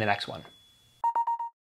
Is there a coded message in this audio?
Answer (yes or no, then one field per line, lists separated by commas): no